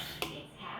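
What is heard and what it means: A plastic piece, likely a facemask clip, is pressed onto the shell of a Riddell Speed mini football helmet. A single short, sharp click is heard at 0.2 s over low background noise. The clip snaps and seats into place.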